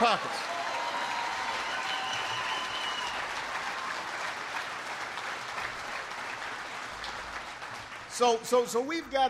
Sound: applause

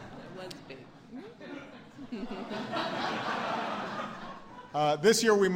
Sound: laughter

